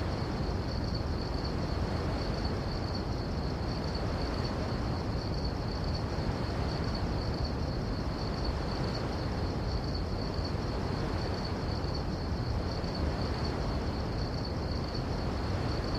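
Nature night sounds: a steady, dense rush of noise, heaviest in the low end, runs unbroken with no clear swells or pauses. Above it, a thin high chirping pulses rapidly and evenly throughout, like crickets.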